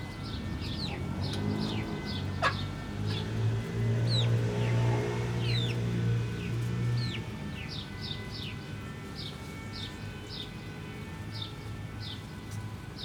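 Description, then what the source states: Chicken hens clucking in a low purring run while chicks keep up a rapid series of high descending peeps throughout. Hens and chicks in the henhouse of the Atelier 34zero museum garden, Jette, Brussels, Belgium; recorded with DPA 4060 microphones in AB position into a Zoom F3.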